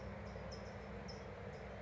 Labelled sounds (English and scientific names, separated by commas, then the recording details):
California Towhee (Melozone crissalis)
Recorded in Sonoma County, California